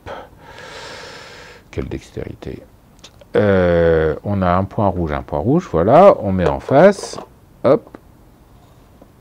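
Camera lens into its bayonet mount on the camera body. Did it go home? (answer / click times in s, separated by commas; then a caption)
no / none. A camera lens is fitted into the bayonet mount of a Soviet 6x6 medium-format camera body, with the red dots lined up and the lens inserted, a mount that does not always lock well. Someone talks throughout, with a soft hiss near the start and a faint tick at the very end. Nothing has seated or clicked yet; the lens has not been turned home.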